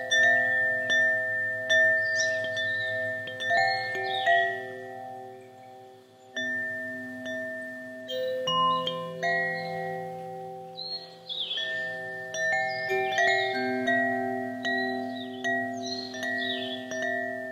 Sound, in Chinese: 風元素風鈴